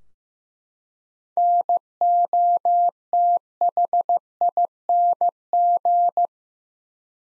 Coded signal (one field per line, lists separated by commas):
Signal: Morse code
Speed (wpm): 15 wpm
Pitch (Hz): 700 Hz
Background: none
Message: NOTHING